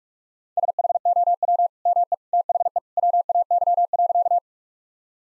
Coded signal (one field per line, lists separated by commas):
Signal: Morse code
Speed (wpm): 46 wpm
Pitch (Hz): 700 Hz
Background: none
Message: SHOW ME THE WAY.